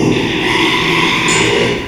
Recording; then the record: squeal of a Yucatan mini pig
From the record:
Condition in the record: after surgery on the right vocal fold (resection and tissue-engineered implant); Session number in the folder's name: 1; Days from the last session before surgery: 6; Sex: male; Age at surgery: 12 weeks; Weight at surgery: 13 kg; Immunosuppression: cyclosporine, prednisolone